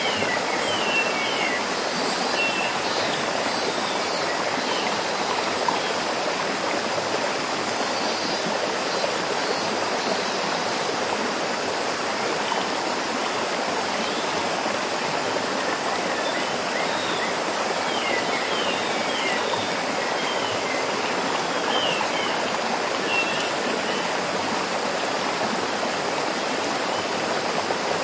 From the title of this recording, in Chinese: 蝉鸣瀑布声